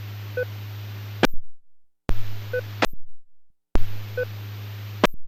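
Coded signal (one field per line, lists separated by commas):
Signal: none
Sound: repeater courtesy beeps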